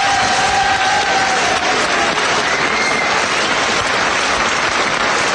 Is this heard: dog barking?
no